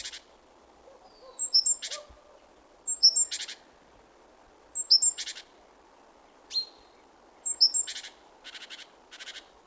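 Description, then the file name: Great tit calling: sharp high whistled notes and harsh chattering rasps in bursts every one to two seconds, some bursts louder than others, against low steady background noise. "Parus major"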